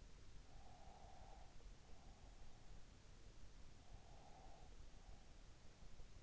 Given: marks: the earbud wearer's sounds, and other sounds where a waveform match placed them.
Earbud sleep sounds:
sounds in sleep by an in-ear microphone; breath
0.61-2.46 s: breath
3.91-5.66 s: breath

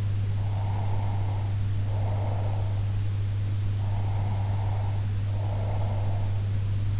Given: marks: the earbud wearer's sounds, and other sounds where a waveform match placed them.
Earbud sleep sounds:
sounds in sleep by an in-ear microphone; breath
0.38-2.78 s: breath
3.78-6.44 s: breath

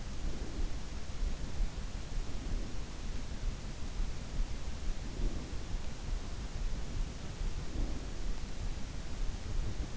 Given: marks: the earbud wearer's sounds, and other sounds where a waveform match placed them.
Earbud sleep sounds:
sounds in sleep by an in-ear microphone; breath
0.00-1.00 s: breath
2.09-3.13 s: breath
4.80-5.93 s: breath
7.56-8.56 s: breath

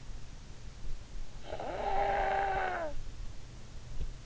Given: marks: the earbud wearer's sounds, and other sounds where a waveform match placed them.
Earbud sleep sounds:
sounds in sleep by an in-ear microphone; snoring breath
1.41-3.00 s: snoring breath

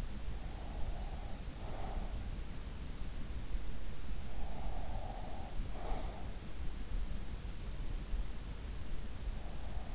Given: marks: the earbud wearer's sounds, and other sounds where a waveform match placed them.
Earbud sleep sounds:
sounds in sleep by an in-ear microphone; breath
0.00-2.71 s: breath
4.00-6.64 s: breath

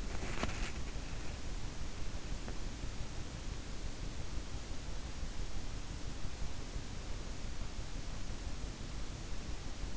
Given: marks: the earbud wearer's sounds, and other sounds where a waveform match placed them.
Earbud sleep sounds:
sounds in sleep by an in-ear microphone; body movement
0.00-0.88 s: body movement

